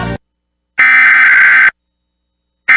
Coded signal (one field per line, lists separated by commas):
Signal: Emergency Alert System (SAME) tones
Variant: header bursts